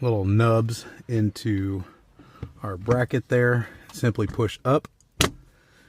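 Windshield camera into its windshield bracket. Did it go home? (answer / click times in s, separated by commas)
yes / 5.2 s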